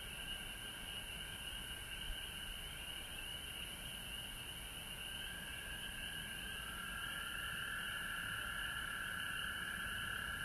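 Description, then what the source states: A frog chorus of overlapping trills forms a constant hum; one band grows louder and brighter in the second half while a high hiss continues. Recorded at home in Georgia on March 19, 2020.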